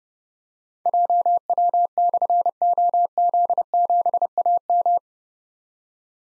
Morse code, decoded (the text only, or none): JW/OZ7AM